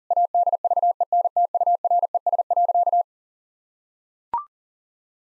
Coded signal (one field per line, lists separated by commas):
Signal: Morse code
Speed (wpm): 40 wpm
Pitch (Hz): 700 Hz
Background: none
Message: ADVENTURES.